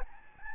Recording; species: mosquito wingbeat signal from an infrared sensor; Aedes albopictus